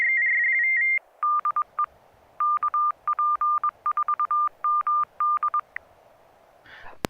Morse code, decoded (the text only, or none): DE KP4MD